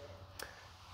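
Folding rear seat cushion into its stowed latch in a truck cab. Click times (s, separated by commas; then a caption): 0.4 s. The rear bench seat cushion in the cab of a 2019 Ford F350 SuperCab is folded up for storage and latches into its stowed position. A single short, sharp click at 0.4 s stands out over a low steady background hum. The seat locks into place.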